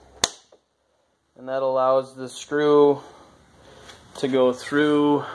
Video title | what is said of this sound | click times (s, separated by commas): 2013 - 2019 Polaris Ranger Full Size Premium Roof Installation | other one goes right here snaps into place and that | 0.2 s